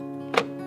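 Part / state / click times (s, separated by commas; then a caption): turn signal housing into car front body / not seated / none. A new plastic front turn signal housing, bought from TRQ Auto Parts, is pushed into the front body of a 1986 Mercedes W124 300D so its tab will latch, over steady background music. A single dull thunk lands at about 0.4 s, but it is not the latch click. Nothing has clicked or seated, and the housing later falls out while driving.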